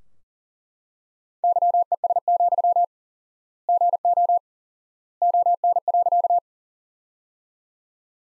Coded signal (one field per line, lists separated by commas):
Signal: Morse code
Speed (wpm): 40 wpm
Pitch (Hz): 700 Hz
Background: none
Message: YES, GO ON.